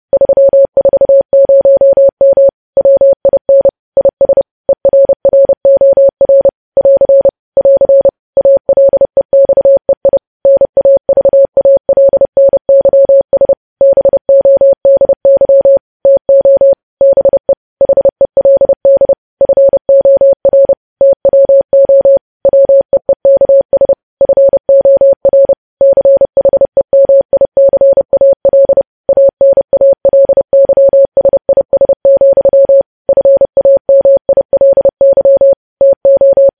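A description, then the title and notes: Morse code sent as a steady mid-pitched tone, keyed on and off in rapid, irregular dots and dashes throughout, with silent gaps between groups. Morse code.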